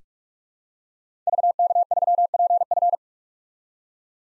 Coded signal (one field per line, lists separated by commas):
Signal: Morse code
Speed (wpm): 41 wpm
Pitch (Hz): 700 Hz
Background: none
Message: VK3PF